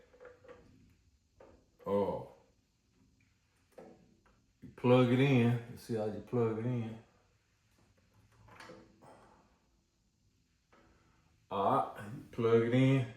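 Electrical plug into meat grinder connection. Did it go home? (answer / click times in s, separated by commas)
no / none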